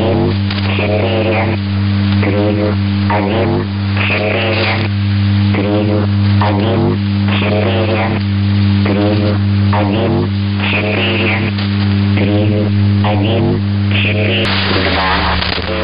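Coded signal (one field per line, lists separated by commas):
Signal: numbers station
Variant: S06s, Russian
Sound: woman's voice reading short words at even intervals, about one per second, over drone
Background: low hum, radio static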